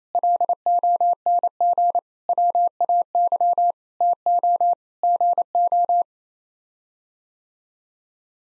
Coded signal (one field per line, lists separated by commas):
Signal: Morse code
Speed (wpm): 28 wpm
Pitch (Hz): 700 Hz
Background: none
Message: LONG WAY TO GO